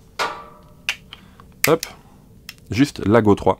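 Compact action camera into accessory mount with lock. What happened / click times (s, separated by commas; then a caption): The small device snapped into its mount / 0.9 s. An Insta360 Go 3 action camera, without its battery/control block, is pressed into a plastic accessory mount with a magnetic-style lock while someone talks. It snaps in with one sharp woody click at 0.9 s, followed by a few faint ticks. It is seated and does not move once the lock is engaged.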